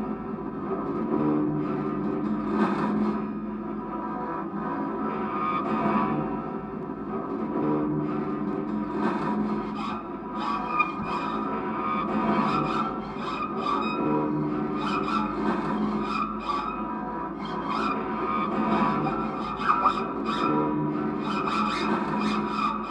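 Everyday objects turned into invented instruments are scraped and rubbed in a continuous, grinding texture with sustained ringing tones underneath. Short bright scratches and clicks cluster irregularly throughout, with a few sharper accents near twenty seconds, while the overall level stays fairly even.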